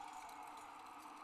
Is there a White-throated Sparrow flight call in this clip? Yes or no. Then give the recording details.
no. No flight call is heard. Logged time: 03:56 on 30 November 2014